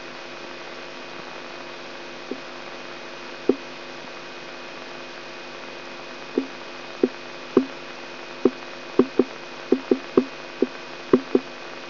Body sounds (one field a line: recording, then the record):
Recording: brain microelectrode recording played as sound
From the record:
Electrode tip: outside the subthalamic nucleus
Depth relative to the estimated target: -2 mm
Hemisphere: right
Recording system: AlphaMap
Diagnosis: Parkinson's disease